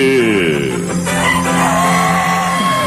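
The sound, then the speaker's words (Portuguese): A loud, drawn-out rooster crow, its strained, harmonic-rich call bending in pitch and holding steady for nearly three seconds without a break. “Esse é galo.”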